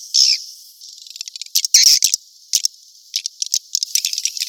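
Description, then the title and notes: Swiftlet chirps, high and buzzy, in loud bursts and rapid twittering trains, with quieter clicking chatter between. Asia; swiftlet sound used in swiftlet farming to attract birds. "Swiflet Bird Sound. Farming Swiflet Bird asia sound"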